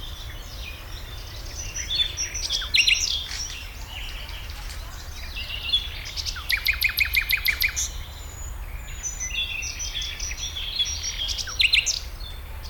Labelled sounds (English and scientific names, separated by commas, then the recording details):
Garden Warbler (Sylvia borin)
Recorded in the wild
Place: Karower Teiche, Naturpark Barnim, Berlin, DE
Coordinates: 52.7, 13.53
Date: 1996-05-16 14:15
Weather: bedeckt, 11-14°C
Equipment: Sony MD-WM MZ-R3, Sennheiser MKH 416 T, Kopie Uher 4000 Report Monitor
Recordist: Tembrock, Günter